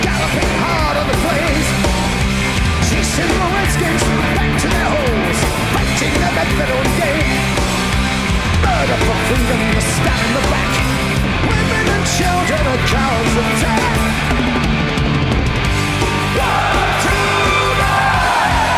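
A huge concert crowd sings along at full volume, a dense roaring wall of voices that swamps the lead vocalist, with band instruments underneath throughout.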